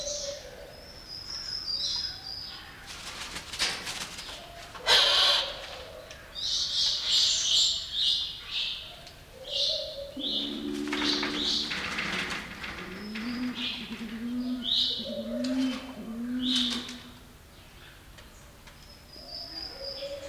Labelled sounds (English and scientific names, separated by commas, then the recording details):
Violet Turaco (Musophaga violacea)
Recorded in captivity
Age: adult
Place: Zoo Berlin, Berlin, DE
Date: 1994-02-05 12:33
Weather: heiter bis wolkig, 0 °C, Wind
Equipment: Marantz CP 430, Sennheiser MKH 416 T, Kopie Uher Variocord 263
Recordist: Tembrock, Günter